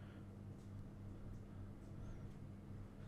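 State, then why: Not seated. The right wing of an F104 VTOL is handled against the body, ready to slide straight on so its two retaining clips pop out to lock it into the fuselage. Only a steady low hum with faint, even background noise is heard, with no sharp sounds. Nothing has seated or clicked yet.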